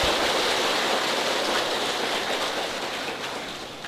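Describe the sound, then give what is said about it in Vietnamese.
A crowd at a Buddhist gathering applauds steadily to congratulate Buddhist followers, a dense wash of many hands clapping together, loud and sustained before gradually thinning and softening toward the end. No one speaks over it. “Xin đại chúng cho một tràng pháo tay để chúc mừng Phật tử.”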